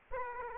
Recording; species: mosquito wingbeat signal from an infrared sensor; Aedes aegypti